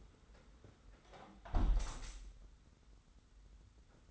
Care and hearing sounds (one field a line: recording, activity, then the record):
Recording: daily activity, microphone in the room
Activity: close window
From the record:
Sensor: 3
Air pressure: 991.3 hPa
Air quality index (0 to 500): 125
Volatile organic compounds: 127 ppm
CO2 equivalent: 3911 ppm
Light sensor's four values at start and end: 49/134/54/48 and 48/133/54/47